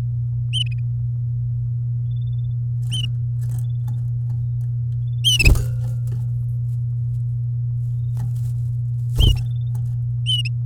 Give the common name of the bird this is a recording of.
Domestic Canary